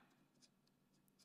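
A 400-grit sharpening stone is handled while being fitted into the holder clamp of a Ruixin Pro RX-009 precision knife sharpener. Only light scraping and rubbing sounds with a steady low hum are heard. Nothing has seated or clicked yet.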